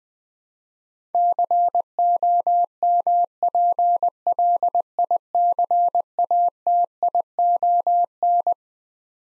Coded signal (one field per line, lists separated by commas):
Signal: Morse code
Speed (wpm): 20 wpm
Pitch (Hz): 700 Hz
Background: none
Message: COMPLICATION